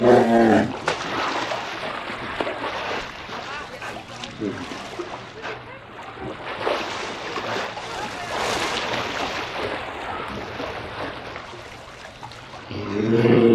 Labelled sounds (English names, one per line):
Brown Bear